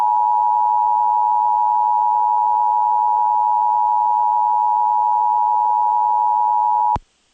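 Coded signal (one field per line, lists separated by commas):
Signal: Emergency Alert System (SAME) tones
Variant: 853 and 960 Hz attention tone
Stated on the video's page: Two Severe Thunderstorm Warnings for Laredo, Texas, captured from FM station KBNL-FM and NOAA weather radio WXK26; valid EAS tones.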